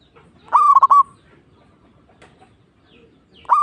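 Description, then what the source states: Zebra dove cooing: one rapid, bubbling phrase of several pulses, followed by quiet before the next phrase begins at the end. Local (lokal) zebra dove, singing.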